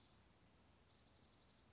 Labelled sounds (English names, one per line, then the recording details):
Western Flycatcher
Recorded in Sonoma County, California